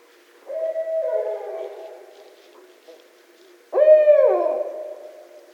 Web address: birds Barred Owl 2011 12 24 Barred Owl